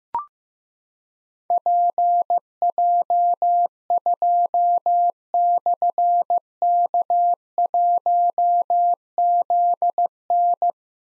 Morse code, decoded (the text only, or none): PJ2/K1ZN